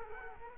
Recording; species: mosquito wingbeat signal from an infrared sensor; Culex quinquefasciatus